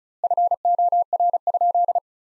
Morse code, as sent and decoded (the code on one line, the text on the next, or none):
..-. --- .-. ..--..
FOR?